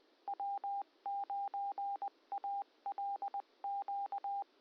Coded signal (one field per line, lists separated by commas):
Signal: Morse code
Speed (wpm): 20 wpm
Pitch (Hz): 800 Hz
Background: radio noise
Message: W9ALQ